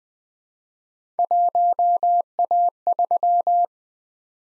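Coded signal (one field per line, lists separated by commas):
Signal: Morse code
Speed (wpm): 20 wpm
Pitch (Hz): 700 Hz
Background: none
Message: 1A3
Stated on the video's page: Morse practice drill at 20 wpm of random three-character letter-number groups for head-copy, each sent, spoken, then sent again.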